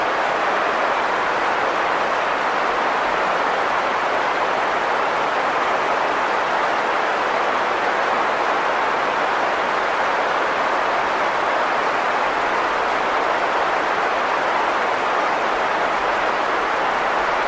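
White noise fills the whole recording as one unbroken, even hiss. The sound sits brightest through the middle and upper range, with little low rumble, and its loudness never shifts. No separate events or background sounds break through at any point.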